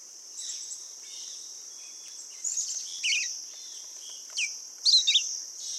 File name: Red-eyed Vireo